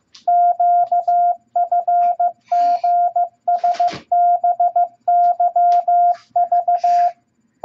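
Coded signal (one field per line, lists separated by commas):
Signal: Morse code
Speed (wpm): 15 wpm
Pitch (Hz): 700 Hz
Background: radio noise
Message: QFGSBYV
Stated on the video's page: Morse practice set of random letters and numbers at 15 words per minute.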